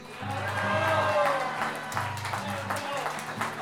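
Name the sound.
audience applause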